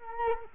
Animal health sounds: mosquito wingbeat signal from an infrared sensor; Culex quinquefasciatus

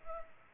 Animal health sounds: mosquito wingbeat signal from an infrared sensor; Culex pipiens

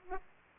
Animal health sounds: mosquito wingbeat signal from an infrared sensor; Aedes aegypti

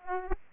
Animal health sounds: mosquito wingbeat signal from an infrared sensor; Aedes aegypti

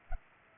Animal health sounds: mosquito wingbeat signal from an infrared sensor; Culex pipiens

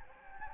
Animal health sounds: mosquito wingbeat signal from an infrared sensor; Anopheles gambiae

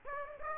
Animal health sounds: mosquito wingbeat signal from an infrared sensor; Aedes aegypti

